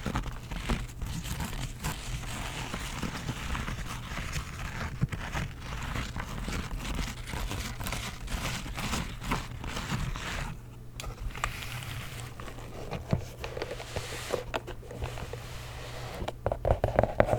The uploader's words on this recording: ASMR Nintendo Switch Case Sounds.